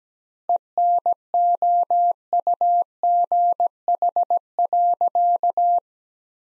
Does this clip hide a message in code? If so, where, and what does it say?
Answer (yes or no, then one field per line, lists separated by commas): yes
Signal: Morse code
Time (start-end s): 0.5-5.8 s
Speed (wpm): 17 wpm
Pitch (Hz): 700 Hz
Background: none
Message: ENOUGH.